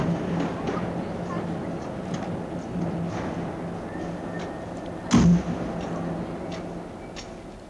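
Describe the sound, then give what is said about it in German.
An old steam locomotive pulls away with a steady low rumble and hum, scattered clanks and ticks over it, and one heavier thump partway through. “Da fährt sie hin, die alte Dampflok.”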